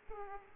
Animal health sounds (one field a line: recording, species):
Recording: mosquito wingbeat signal from an infrared sensor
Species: Aedes aegypti